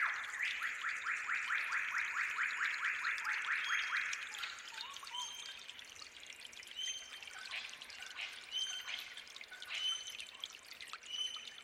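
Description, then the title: Bird song opening with a fast rattling trill of evenly repeated notes lasting about four seconds, followed by scattered short high whistles over soft running water. Forest birds singing at dawn beside trickling water. "Suara Gemercik Air Dan Kicau Burung Hutan Di Saat Fajar"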